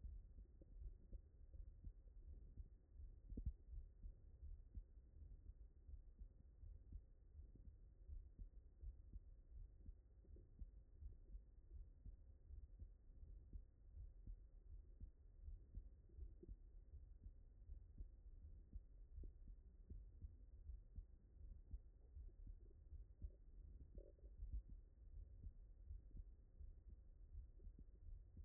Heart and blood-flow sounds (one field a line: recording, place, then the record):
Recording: heart sounds by stethoscope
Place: mitral valve (MV)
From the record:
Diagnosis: HFrEF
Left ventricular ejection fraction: 39%